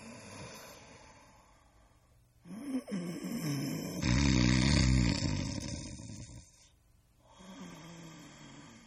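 One loud, rattling human snore on the inhaled breath between quieter breaths; a sound effect.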